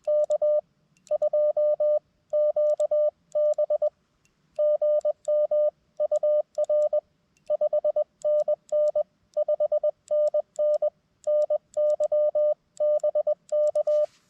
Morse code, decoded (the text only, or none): K2QB GM UR 5NN 5NN NY BK